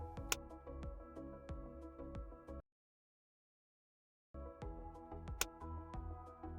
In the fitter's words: listen for the click that tells you the screws are tightened to specification